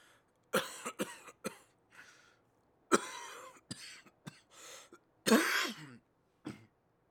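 An adult man gives a run of harsh coughs, about ten bursts in seven seconds, some clustered in quick pairs with brief throat-clearing sounds between. The rhythm is irregular and the room is otherwise quiet.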